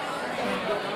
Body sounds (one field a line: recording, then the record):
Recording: coughing mixed with background sound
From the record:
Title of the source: Barking cough - # 10